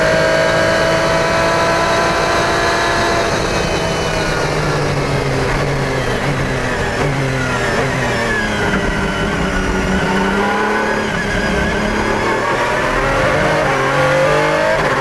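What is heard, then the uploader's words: A V12 race car engine roars without a break at full volume, its pitch climbing as it accelerates, then sagging and wavering through the middle before rising again. Rough mechanical rumble and chassis noise run underneath the steady, layered engine howl. 2009 Lola-Aston Martin LMP1 In-Car Audio at Monza 2019. Jump into the cockpit of a 2009 Lola-Aston Martin LMP1 at the 2019 Monza ELMS weekend where we get to ride along and hear the 6.0-liter V12 engine scream down the long straights and pound over the curbs during a vintage racing session at the world-famous Italian road course.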